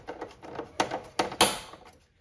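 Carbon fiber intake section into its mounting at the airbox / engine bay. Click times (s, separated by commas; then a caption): 1.4 s. An APR carbon fiber intake section for a 4.0T engine (4M/9Y SUV platform) is torqued down at the factory airbox in the engine bay. Soft scraping and rustling lead into two sharp knocks at about 0.8 and 1.2 s, then a loud, bright pop at 1.4 s as the piece seats into place, followed by a fading rattle.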